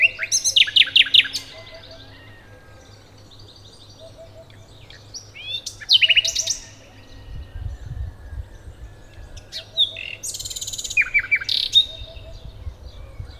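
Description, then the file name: Common nightingale singing separate bursts of rich, varied phrases, some buzzy and harsh, others sharp and chirping, with silent pauses between and soft low notes and rumble underneath. "Luscinia megarhynchos"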